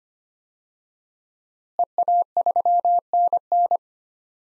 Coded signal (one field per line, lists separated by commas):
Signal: Morse code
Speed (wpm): 25 wpm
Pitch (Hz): 700 Hz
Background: none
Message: EA3NN